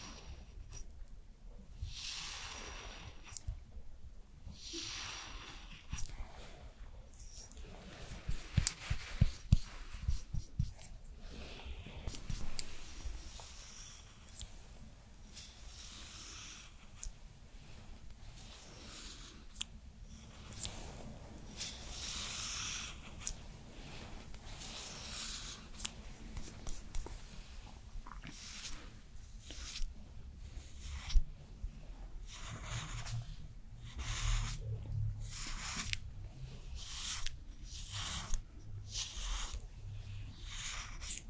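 A skincare routine: soft rustling, crinkling and handling noises come in short, irregular bursts, with a few sharper clicks around ten seconds. After about half a minute the sounds turn into a quicker, more regular run of brief taps or pats, over a low steady hum.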